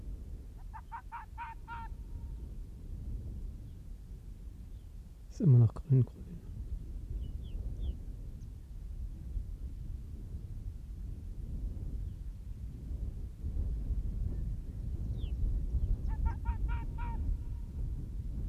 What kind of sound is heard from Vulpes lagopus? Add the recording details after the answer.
barking. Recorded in the wild. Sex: male. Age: adult. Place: Insel Mednyi, Kommandeur-Inseln, RU. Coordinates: 54.5167, 168.083. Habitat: tundra. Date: 1999-07-20 20:58. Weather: fair, no clouds, 10°C, weak westerly winds. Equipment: Sony TCD-D8, Sennheiser MKH 70, Windkorb. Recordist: Frommolt, Karl-Heinz